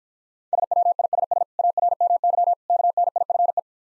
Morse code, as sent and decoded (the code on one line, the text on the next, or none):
... .-- .. ... ... / .- .-. -- -.-- / -.- -. .. ..-. .
SWISS ARMY KNIFE